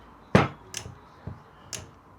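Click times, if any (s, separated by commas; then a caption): 0.4 s. The angle adjustment of a metal portable drill guide is rotated until its detent drops into a positive stop, giving a solid click at 0.4 s. Two lighter, sharp ticks follow at about 0.8 s and 1.8 s. The detent is seated at the stop.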